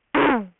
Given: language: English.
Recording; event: throat vibration sensor signal played as sound; throat clearing